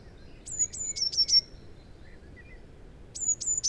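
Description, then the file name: Eurasian blue tit: two high thin notes followed by a quick trill, then the phrase begins again and is cut off at the end, over low background noise. "Cyanistes caeruleus"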